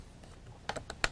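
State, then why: Seated. A plastic cover part, around the keyboard cover area, is pressed gently into a ThinkPad laptop chassis. After a quiet start, a few small plastic ticks come at 0.7 and 0.9 seconds, then a sharp, bright snap at 1.0 seconds. The part snaps into place and is seated.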